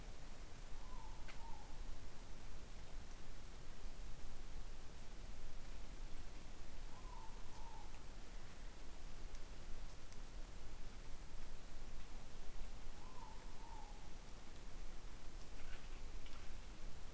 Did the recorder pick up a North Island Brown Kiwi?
no